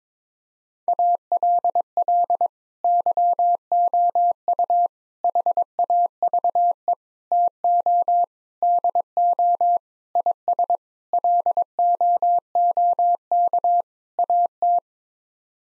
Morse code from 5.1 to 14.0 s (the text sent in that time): HAVE TO DO IS LOOK